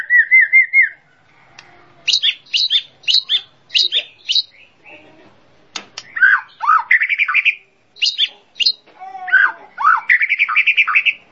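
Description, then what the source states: Bird song starting with a rippling whistled trill, then repeated sharp chips, falling whistles and warbled runs. Described as a complete 'masteran' birdsong compilation.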